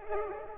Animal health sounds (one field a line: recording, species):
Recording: mosquito wingbeat signal from an infrared sensor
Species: Culex pipiens